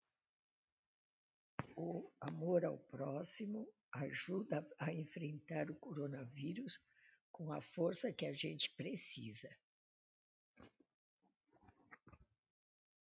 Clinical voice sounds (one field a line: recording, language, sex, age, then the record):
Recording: spoken sentence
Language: Brazilian Portuguese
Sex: female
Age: 80 to 89 years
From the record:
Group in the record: control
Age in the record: 86 years